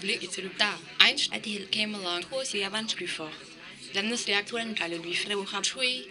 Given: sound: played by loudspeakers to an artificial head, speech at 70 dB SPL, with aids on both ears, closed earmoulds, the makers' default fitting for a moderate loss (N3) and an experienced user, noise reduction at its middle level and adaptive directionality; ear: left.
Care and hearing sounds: speech test signal (ISTS) in cocktail-party noise; +9 dB; in front (0 degrees)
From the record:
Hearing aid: class 2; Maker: B

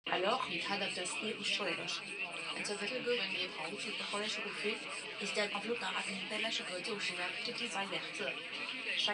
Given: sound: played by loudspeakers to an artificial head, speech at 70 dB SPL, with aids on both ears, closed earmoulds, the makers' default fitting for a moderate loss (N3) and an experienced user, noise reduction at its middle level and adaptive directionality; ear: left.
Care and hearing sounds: speech test signal (ISTS) in cocktail-party noise; +6 dB; on the right (90 degrees)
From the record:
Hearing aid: class 2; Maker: I

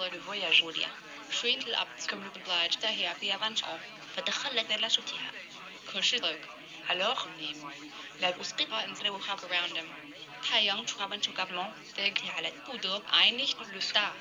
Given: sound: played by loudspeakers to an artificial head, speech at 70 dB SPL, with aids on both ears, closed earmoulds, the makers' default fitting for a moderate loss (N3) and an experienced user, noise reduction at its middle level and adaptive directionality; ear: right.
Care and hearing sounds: speech test signal (ISTS) in cocktail-party noise; +3 dB; on the right (90 degrees)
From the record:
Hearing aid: class 1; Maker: G

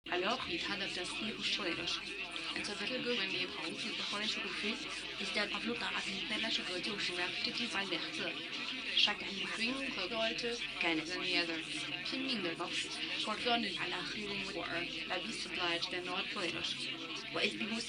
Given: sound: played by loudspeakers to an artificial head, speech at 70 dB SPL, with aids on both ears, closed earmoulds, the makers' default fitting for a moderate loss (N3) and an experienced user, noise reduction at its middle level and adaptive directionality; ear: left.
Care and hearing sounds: speech test signal (ISTS) in cocktail-party noise; +6 dB; on the right (90 degrees)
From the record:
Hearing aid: class 2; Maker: D

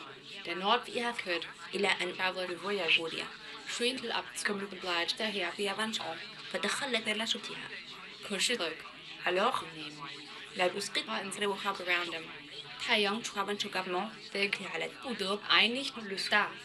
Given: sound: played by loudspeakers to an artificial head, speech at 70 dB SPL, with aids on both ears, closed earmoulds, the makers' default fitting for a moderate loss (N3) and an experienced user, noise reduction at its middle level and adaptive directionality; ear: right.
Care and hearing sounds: speech test signal (ISTS) in cocktail-party noise; +9 dB; in front (0 degrees)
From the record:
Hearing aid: class 1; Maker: E

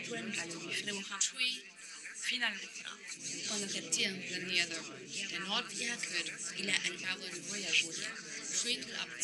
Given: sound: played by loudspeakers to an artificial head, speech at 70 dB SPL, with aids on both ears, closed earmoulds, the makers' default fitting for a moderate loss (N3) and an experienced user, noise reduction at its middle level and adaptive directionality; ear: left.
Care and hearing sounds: speech test signal (ISTS) in cocktail-party noise; 0 dB; in front (0 degrees)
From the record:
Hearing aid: class 1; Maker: J

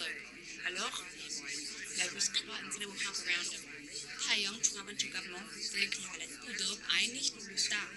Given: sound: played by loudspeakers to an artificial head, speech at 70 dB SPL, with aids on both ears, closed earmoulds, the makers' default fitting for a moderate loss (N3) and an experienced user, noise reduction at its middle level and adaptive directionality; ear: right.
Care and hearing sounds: speech test signal (ISTS) in cocktail-party noise; -3 dB; in front (0 degrees)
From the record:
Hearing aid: class 1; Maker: H

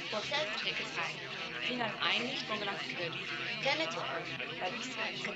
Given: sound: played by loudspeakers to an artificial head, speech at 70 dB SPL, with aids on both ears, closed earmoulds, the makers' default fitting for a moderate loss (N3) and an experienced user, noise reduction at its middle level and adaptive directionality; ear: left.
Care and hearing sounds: speech test signal (ISTS) in cocktail-party noise; -3 dB; in front (0 degrees)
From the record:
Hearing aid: class 1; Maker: F

